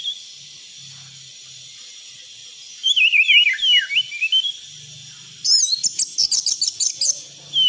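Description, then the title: Thrush song: a rapid run of wavering, looping whistles, followed by a fast series of buzzy, repeated chirps. Cage-bird song tutoring recording (masteran); bird described as gacor teler. "anis gacor teler"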